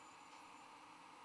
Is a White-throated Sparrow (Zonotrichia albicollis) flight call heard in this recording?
no